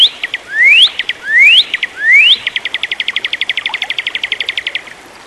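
Bird song: three rising whistles, each followed by short notes, then a long rapid trill of repeated clipped notes.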